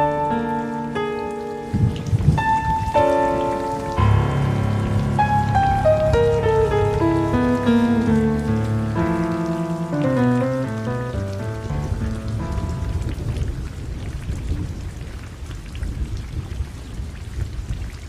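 Steady rain patters on a surface throughout, a dense hiss under a slow melodic passage of sustained, stepping tones that descend and fade toward the end.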